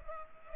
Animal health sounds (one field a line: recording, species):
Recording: mosquito wingbeat signal from an infrared sensor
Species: Culex pipiens